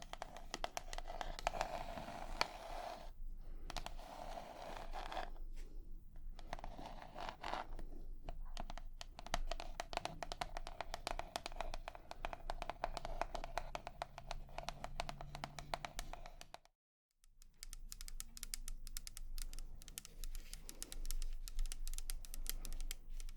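Rapid, dense tapping runs through nearly the whole clip, a busy patter of small clicks like fingers on a hard surface or keys. It carries a faint low murmur underneath, briefly cuts out to silence around seventeen seconds, then resumes somewhat sparser.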